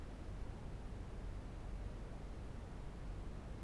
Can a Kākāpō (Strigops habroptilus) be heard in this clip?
no